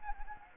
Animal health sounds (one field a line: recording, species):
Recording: mosquito wingbeat signal from an infrared sensor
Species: Anopheles gambiae